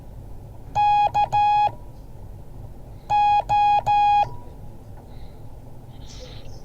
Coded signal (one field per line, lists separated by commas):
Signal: Morse code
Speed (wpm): 13 wpm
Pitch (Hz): 830 Hz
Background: none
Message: KO